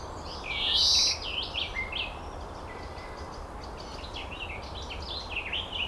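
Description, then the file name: European greenfinch with a single harsh, buzzy wheeze near the start, followed by busy twittering. "Chloris chloris"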